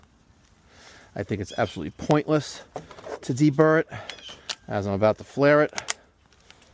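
Someone talks while the undeburred end of a copper refrigerant line is pushed into the clamp of a NAVAC automatic flaring tool, just before flaring. Faint metallic ticks come near the end, around 6.3 and 6.5 seconds. Nothing has seated or clicked yet.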